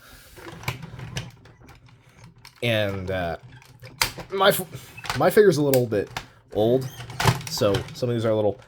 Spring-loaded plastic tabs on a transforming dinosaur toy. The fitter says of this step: push forward and they'll lock into place